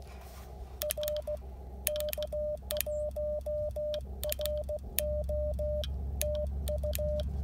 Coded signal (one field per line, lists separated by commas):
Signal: Morse code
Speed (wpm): 16 wpm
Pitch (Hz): 600 Hz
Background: none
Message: R K1RO TU